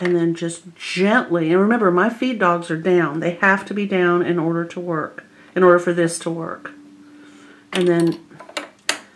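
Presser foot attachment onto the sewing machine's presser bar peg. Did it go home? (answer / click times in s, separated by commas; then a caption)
yes / 8.9 s. Someone talks while a presser foot attachment is gently pushed up over the small metal or plastic peg on the presser bar of a Bernina 1080 sewing machine, with the feed dogs lowered as required for this to work. The foot snaps into place at 8.9 s with a sharp click, seated.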